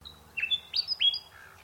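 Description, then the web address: Bird calls: a quick string of bright, high chirps, some sharply rising or falling, ending with a softer, lower note. In mangroves. "Sound Effects-Foundation 1 BIRD UNKNOWN MAGROVES CALL"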